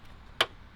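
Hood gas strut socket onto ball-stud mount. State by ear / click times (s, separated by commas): seated / 0.4 s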